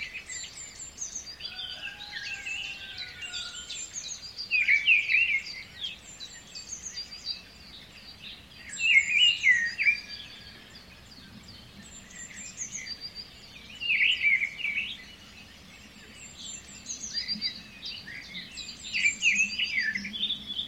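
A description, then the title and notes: Garden birds sing and chirp nearly nonstop, bright overlapping phrases swelling every few seconds, over a soft low hum of background noise. Peaceful Morning Birds Singing & Chirping In A Vibrant Garden.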